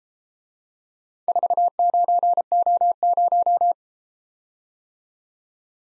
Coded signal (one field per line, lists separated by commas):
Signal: Morse code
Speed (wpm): 29 wpm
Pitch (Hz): 700 Hz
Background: none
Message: 49O0